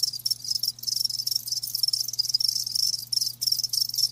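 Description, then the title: Crickets giving a steady, high-pitched pulsing trill that barely pauses, with a faint low hum in the background. Crickets chirping with a lulling song. "Live Crickets Chirping"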